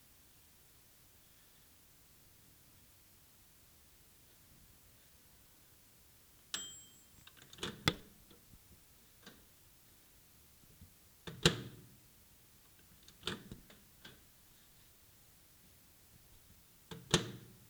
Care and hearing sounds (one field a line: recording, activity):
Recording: daily activity, guitar pickup as the sensor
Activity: use microwave